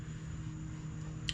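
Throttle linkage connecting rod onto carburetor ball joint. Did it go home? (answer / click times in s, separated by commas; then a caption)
yes / 1.3 s. A throttle linkage connecting rod is pressed onto its ball-joint mount while the throttle plate linkages of a 1975 Goldwing motorcycle carburetor bank are being reassembled. Over a steady low hum and hiss, a sharp snap sounds at 1.3 s as the rod seats into place.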